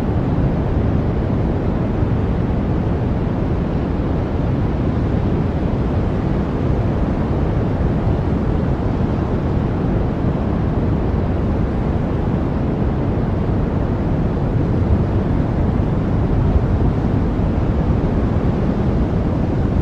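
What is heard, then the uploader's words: A steady, unchanging hiss of white-noise-style sound fills the full twenty seconds, dense and even with no distinct events. It sits heavy in the low end, a deep rumbling wash like an engine or surf, thinning out toward the top. White Noise Sound Machine to Relax and Sleep.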